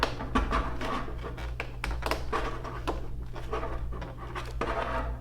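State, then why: Seated. A plastic drop tank is wiggled onto the hardpoint tabs under the removed wing of a 1:18 scale F-16 Viper model jet, lining up its two slots with the tabs. Rubbing and scratching plastic scrapes fill the clip until the tank snaps on with a sharp click at 1.9 s, seated with a good fit.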